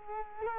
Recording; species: mosquito wingbeat signal from an infrared sensor; Culex quinquefasciatus